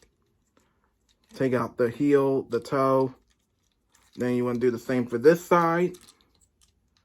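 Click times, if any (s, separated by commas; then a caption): none. The plastic leg halves of a transforming robot figure are being handled while someone talks in two stretches. Only faint, quiet ticks of plastic handling sit between and after the speech. Nothing has seated or clicked yet, since the clip ends just before the leg joint clicks together.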